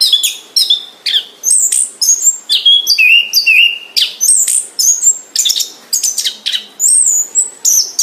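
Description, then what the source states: Orange-headed thrush delivering energetic song, varied phrases of piercing whistles, downslurred notes and buzzy chatter repeated in quick succession. Singing vigorously, described as gacor.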